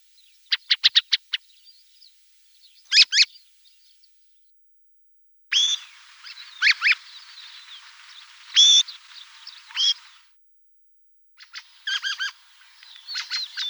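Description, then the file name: Black-throated thrush singing in scattered bursts: rapid stuttered notes, a squeaky double phrase, then clear slurred whistles mixed with chattery twitters throughout. "Drozd chernozobyj"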